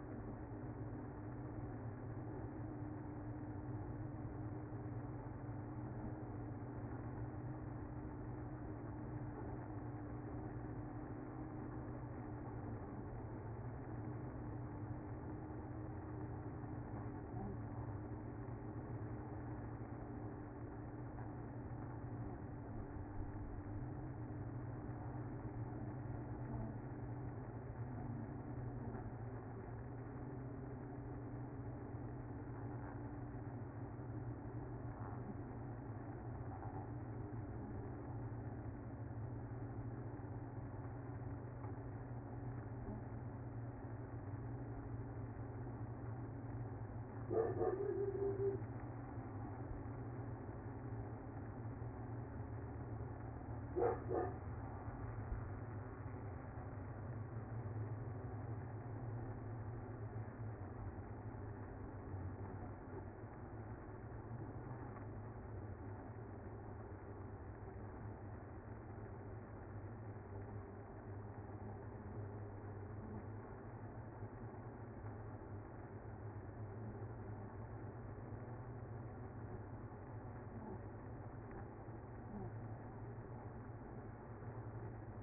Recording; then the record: honeybee colony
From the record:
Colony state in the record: active